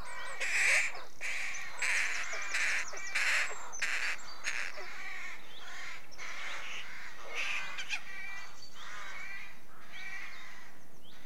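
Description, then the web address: Rooks cawing, a quick series of harsh caws at the start, then a continuing chorus of overlapping rough calls from many birds. Many rooks calling at a British rookery. "The BBC Sound Effects Library. Rookery"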